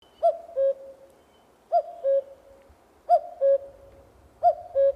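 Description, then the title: Common cuckoo song: clear two-note 'cuck-oo' calls, a higher first note dropping to a lower, longer second, repeated four times about every 1.4 seconds over faint low background noise. "Cantec De Cuc. Common Cuckoo (Cuculus canorus)"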